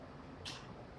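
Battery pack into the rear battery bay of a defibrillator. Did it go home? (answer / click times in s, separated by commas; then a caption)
no / none. A battery pack is being fitted into the rear battery bay of a Mindray defibrillator. Over low, steady background noise, a brief airy scrape rises at about 0.4 s, strongest in the upper frequencies, and fades by about 0.6 s. Nothing has seated or clicked yet.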